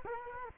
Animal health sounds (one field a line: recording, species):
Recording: mosquito wingbeat signal from an infrared sensor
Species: Culex quinquefasciatus